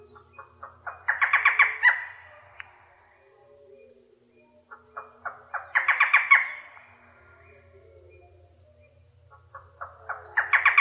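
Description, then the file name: Barred forest falcon repeating harsh squawking phrases about every five seconds; each phrase builds from short barks into a fast grating burst, over a low background hum. "suara barredforest"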